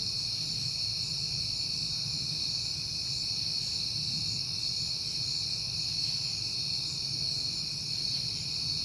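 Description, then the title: Crickets keep up a constant high trilling chorus over a low rumble. Crickets recorded at night in September, heard often lately, on a peaceful night. "Night Time: Crickets and Passing Cars"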